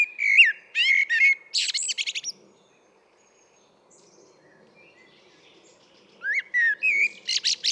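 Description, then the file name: Common blackbird song, a low warbled whistle followed by rapid high chattering notes, then a pause of about four seconds before the next fluting phrase begins. "Turdus merula"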